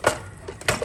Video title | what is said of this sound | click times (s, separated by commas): Amia Set Screw Customer Vid | and just push it all the way back. We'll lock into place | 0.7 s